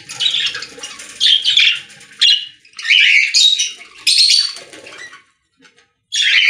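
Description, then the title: Budgerigar chatter of harsh, buzzy squawks and warbled notes in short bursts, a brief silence before a last burst. "Budgie Sounds"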